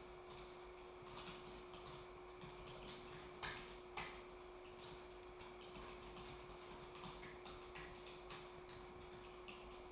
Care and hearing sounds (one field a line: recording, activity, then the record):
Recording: daily activity, microphone in the room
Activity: typing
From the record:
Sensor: 1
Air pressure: 1004.5 hPa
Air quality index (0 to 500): 196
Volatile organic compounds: 17 ppm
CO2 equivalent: 2592 ppm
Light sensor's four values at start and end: 4/11/4/4 and 4/11/4/4